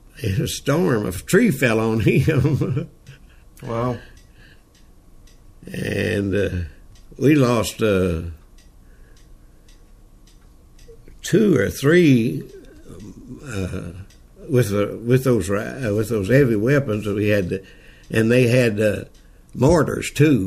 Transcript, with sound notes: was a storm, a tree fell on him [Chuckling]
Whoa!
And…we lost…two or three…with the, with those ri…with those heavy weapons that we had to, and they had mortars too.